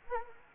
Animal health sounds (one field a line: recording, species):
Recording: mosquito wingbeat signal from an infrared sensor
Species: Anopheles gambiae